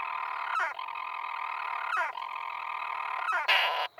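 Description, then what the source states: Storm petrel purr, a continuous buzzing churr interrupted roughly every 1.4 seconds by a quick downward hiccup, followed by a short burst of hiss at the close. Churring from a small crevice between rocks in a boulder field, mid-afternoon sunshine, on a rat-free uninhabited island in the Inner Hebrides, Scotland.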